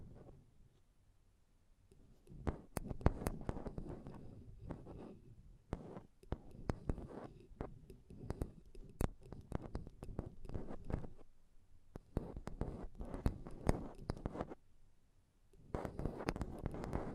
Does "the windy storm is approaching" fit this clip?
no